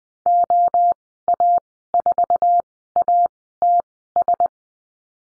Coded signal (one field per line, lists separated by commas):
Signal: Morse code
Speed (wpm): 20 wpm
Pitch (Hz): 700 Hz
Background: none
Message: OA4ATS